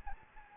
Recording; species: mosquito wingbeat signal from an infrared sensor; Anopheles gambiae